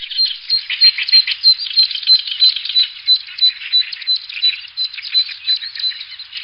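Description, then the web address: Bird giving rapid, steady high chattering notes, about three per second, with continuous squeaky twittering. Higashiosaka, Japan. "higashiosaka bird koe"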